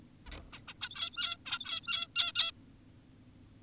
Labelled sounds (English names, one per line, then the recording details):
Zebra Finch
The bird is an adult
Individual g17y2U